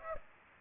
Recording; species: mosquito wingbeat signal from an infrared sensor; Aedes aegypti